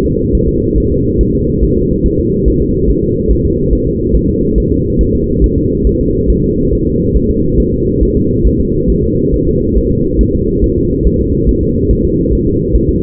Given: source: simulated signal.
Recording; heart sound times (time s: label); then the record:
fetal heart sounds
0.06 s: S2
0.35 s: S1
0.49 s: S2
0.78 s: S1
0.92 s: S2
1.21 s: S1
1.35 s: S2
1.63 s: S1
1.77 s: S2
2.06 s: S1
2.20 s: S2
2.48 s: S1
2.62 s: S2
2.90 s: S1
3.04 s: S2
3.31 s: S1
3.45 s: S2
3.73 s: S1
3.87 s: S2
4.16 s: S1
4.29 s: S2
4.58 s: S1
4.72 s: S2
5.01 s: S1
5.15 s: S2
5.44 s: S1
5.58 s: S2
5.87 s: S1
6.01 s: S2
6.30 s: S1
6.44 s: S2
6.73 s: S1
6.87 s: S2
7.17 s: S1
7.30 s: S2
7.60 s: S1
7.74 s: S2
8.03 s: S1
8.17 s: S2
8.47 s: S1
8.60 s: S2
8.90 s: S1
9.04 s: S2
9.34 s: S1
9.48 s: S2
9.77 s: S1
9.91 s: S2
10.21 s: S1
10.35 s: S2
10.64 s: S1
10.78 s: S2
11.07 s: S1
11.21 s: S2
11.49 s: S1
11.63 s: S2
11.91 s: S1
12.05 s: S2
12.33 s: S1
12.47 s: S2
12.76 s: S1
12.89 s: S2
From the record:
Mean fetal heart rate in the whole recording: 140 bpm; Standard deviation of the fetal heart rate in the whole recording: 2 bpm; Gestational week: 34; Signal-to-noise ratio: -10.2 dB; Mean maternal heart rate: 72 bpm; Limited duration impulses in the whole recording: present